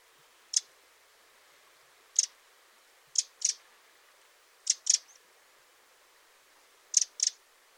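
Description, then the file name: Eurasian wren calls, sharp high clicking ticks given singly and in pairs at irregular intervals. "Troglodytes troglodytes"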